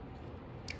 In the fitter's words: behind that thread guide it needs to snap in